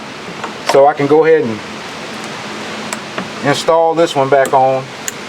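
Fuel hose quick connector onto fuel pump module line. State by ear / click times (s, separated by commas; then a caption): seated / 5.1 s. A tank-side fuel hose quick connector on a 2007 Chevy Suburban is pushed back onto its fitting on the fuel pump module line. Someone talks over a steady background hiss, with small ticks at 2.9 and 3.2 seconds. A sharp click at 5.1 seconds marks the connector seating.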